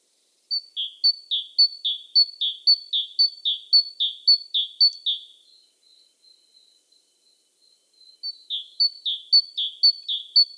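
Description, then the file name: Great tit delivering a long run of about ten bright two-note phrases, high then lower, pausing with faint thin notes before several more pairs resume. "Parus major"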